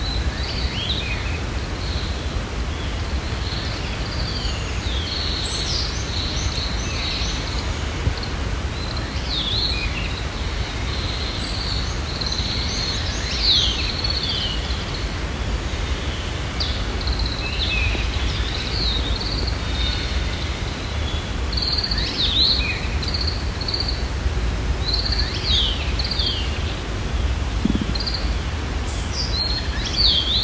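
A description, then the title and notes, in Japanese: Birds sing in early spring from a balcony, bright chirps and trills scattered throughout over a steady low rumble of outdoor background noise. まだ寒い春の鳥たちの歌。八ヶ岳山麓から。自宅のバルコニーから。鳥たちもキレイな鳴き声を届けてくれるようになりました。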